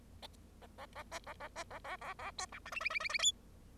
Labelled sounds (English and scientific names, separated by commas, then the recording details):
Bengalese Finch (Lonchura striata domestica) song
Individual Bird0